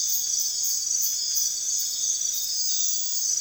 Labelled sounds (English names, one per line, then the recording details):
none
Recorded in secondary vegetation near Puerto Asís, Putumayo, Colombia, on 30 June 2025 at 03:30
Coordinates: 0.498, -76.327
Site GP09